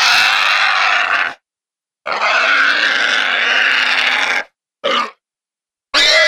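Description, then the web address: Wild boar distress squealing, harsh noisy screams of one to two and a half seconds separated by silent gaps, with a short squeal between longer bouts. "pigs Wild Hog Distress"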